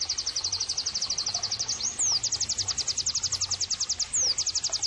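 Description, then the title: White-eye song: a quick, even chain of high ticking chirps with two brief sweeping slurs mixed in, carrying on without a pause. Actively singing ('gacor') bird, with the recording used as therapy and bird-training ('masteran') audio. "Pleci Gacor. terapi pleci dextro 87"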